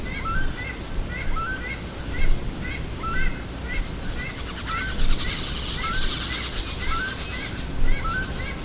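Bird calling, brisk short chirps repeated steadily, sometimes paired, over low background rumble and a thin high tone.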